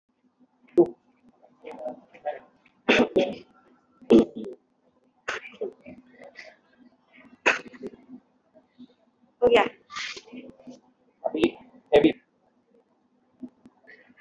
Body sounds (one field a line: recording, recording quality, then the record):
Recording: shallow voluntary cough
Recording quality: moderate, slight background noise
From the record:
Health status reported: exposed to COVID-19, no respiratory illness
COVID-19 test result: negative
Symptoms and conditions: none ticked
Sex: female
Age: 45 years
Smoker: not ticked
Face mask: not worn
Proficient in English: yes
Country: India